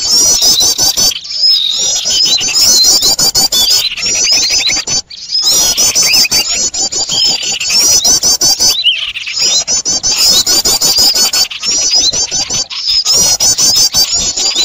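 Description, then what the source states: Birds keep up a long, loud chatter of high warbled trills and sharp ticking, interrupted by a few short pauses. Noisy bird sounds (burung ribut), a long-duration master recording used for luring birds.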